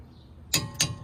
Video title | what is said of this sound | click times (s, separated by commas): Mini Cooper Countryman Drilled/Slotted Brake Install Ceramic Pads | there's our click for the upper bolts | 0.5 s, 0.8 s